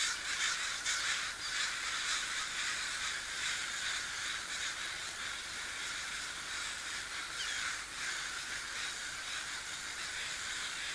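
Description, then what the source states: Crows cawing in a dense chorus, many harsh overlapping caws repeated rapidly throughout. Crow recorded at sea.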